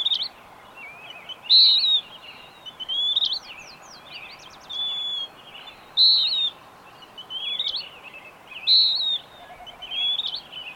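Bird song with loud short whistles alternating with softer twittering phrases, over steady hiss.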